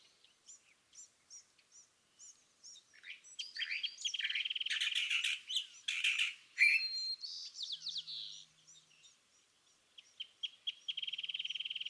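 California thrasher singing a varied medley: soft spaced chips, then loud harsh rattling phrases and burry notes, ending in a fast buzzy trill.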